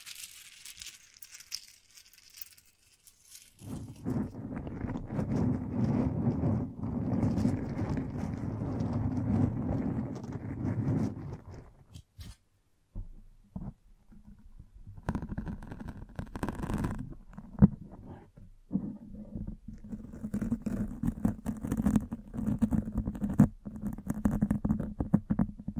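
A microphone is brushed and scratched in dense, rough bursts of low rubbing with crackly detail on top. After a quiet, hissy opening, steady scraping runs from about 4 to 11 seconds, breaks off into gaps, then returns in choppier strokes through the end.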